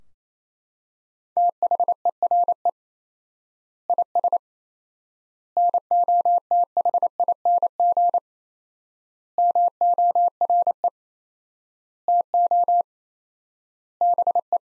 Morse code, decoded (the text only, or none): THERE IS NOTHING MORE TO BE